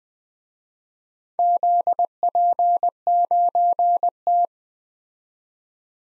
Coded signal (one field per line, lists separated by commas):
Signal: Morse code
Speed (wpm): 20 wpm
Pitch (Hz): 700 Hz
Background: none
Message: ZP9T